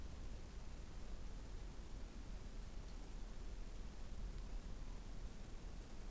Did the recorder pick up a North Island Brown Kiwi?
no